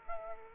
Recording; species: mosquito wingbeat signal from an infrared sensor; Aedes aegypti